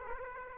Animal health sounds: mosquito wingbeat signal from an infrared sensor; Aedes aegypti

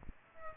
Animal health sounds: mosquito wingbeat signal from an infrared sensor; Aedes aegypti

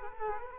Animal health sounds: mosquito wingbeat signal from an infrared sensor; Culex quinquefasciatus

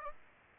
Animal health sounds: mosquito wingbeat signal from an infrared sensor; Aedes aegypti

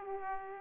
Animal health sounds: mosquito wingbeat signal from an infrared sensor; Aedes aegypti

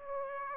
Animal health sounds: mosquito wingbeat signal from an infrared sensor; Aedes aegypti

